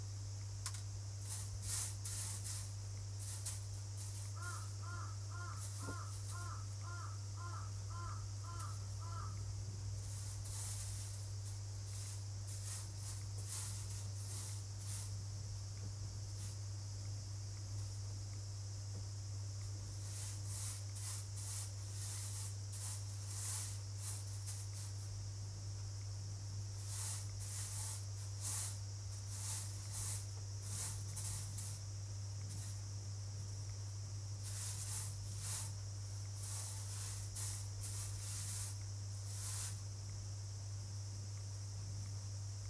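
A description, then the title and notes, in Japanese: Hand-sorting wheat brings intermittent grainy rustles over a steady fan hum and constant high cicada whine, with brief bird-like chirps near five seconds. 雨上がりの夕方、外では夏を急ぐように蝉たちが鳴いています。今日は家の中で、小麦の手選別作業です。収穫した小麦を乾燥、唐箕がけしたあと草の実や麦の茎がまだ混ざっているので手で取り除いています。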